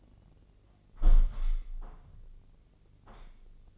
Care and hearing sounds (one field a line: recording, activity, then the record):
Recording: daily activity, microphone in the room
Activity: close window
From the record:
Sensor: 4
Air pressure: 1013.2 hPa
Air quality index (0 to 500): 169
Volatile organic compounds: 2 ppm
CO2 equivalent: 1064 ppm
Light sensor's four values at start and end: 39/95/38/39 and 39/96/39/40